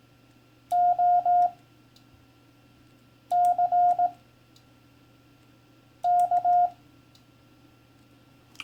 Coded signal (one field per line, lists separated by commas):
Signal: Morse code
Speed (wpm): 18 wpm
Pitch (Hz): 710 Hz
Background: none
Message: OCK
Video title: How CW Ops Speak - Turning it Over